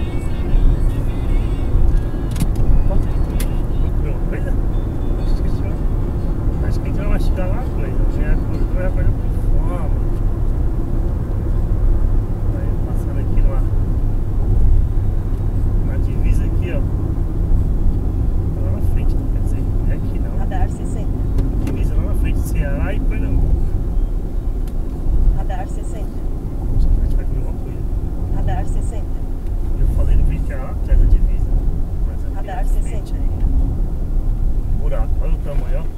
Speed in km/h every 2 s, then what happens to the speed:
106, 104, 104, 102, 100, 98, 96, 91, 85, 83, 78, 77, 74, 73, 73, 72, 72, 71.
0-20 slows to 78. 20-36 steady at about 73.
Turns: none.